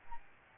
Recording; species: mosquito wingbeat signal from an infrared sensor; Aedes albopictus